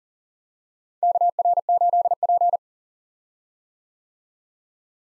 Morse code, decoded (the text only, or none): KR8P